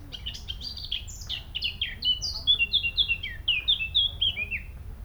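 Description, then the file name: Eurasian blackcap singing a brief twittering warble that turns into a fast, loud string of fluty falling whistles, with faint low background noise. "Sylvia atricapilla"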